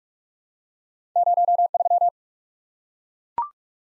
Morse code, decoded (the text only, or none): 03